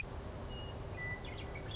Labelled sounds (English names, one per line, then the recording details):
Western Meadowlark
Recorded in Sonoma County, California